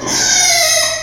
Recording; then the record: squeal of a Yucatan mini pig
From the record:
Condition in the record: before surgery on the right vocal fold (resection and tissue-engineered implant); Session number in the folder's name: 2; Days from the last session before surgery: 0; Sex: male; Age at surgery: 12 weeks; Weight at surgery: 13 kg